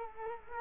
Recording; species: mosquito wingbeat signal from an infrared sensor; Culex quinquefasciatus